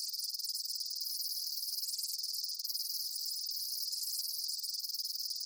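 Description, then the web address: Insects produce a steady, high, rapidly pulsing chirp chorus with brief lower flickers now and then. Daytime insect ambience, chirping bugs. "Blast Wave Amb Day Insects. animal ambience insects chirps day bugs"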